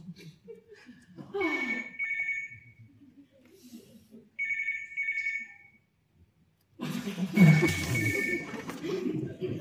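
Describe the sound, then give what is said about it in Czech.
A telephone rings in repeated bursts, a steady high-pitched electronic trill with short pauses between rings, the last ring mixed with a louder burst of background noise. “Haló? Já jsem řekl, abys nikdy nezvedela telefon. Tak mi přestaň volat.”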